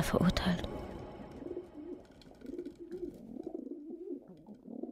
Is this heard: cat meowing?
no